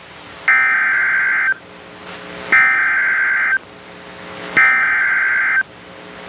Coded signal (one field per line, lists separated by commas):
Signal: Emergency Alert System (SAME) tones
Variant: header bursts